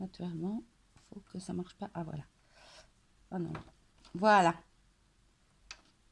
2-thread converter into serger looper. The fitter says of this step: Vous avez vu? Donc, vous allez entendre un clac qui se met dedans.